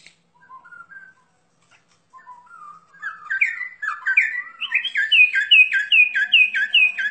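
Bird song starting with quiet whistles that build into a loud run of many repeated two-note phrases.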